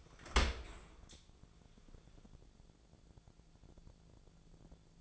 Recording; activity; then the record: daily activity, microphone in the room; open dishwasher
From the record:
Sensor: 5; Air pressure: 1000.6 hPa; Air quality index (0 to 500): 152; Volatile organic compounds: 2 ppm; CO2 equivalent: 1167 ppm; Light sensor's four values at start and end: 41/94/40/43 and 41/94/40/44